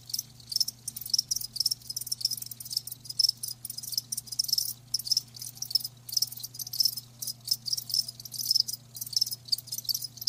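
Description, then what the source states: Cricket chorus of rapid high trills, continuous and layered, pulsing in short bursts with a low steady hum underneath. Live crickets chirping, a lulling song.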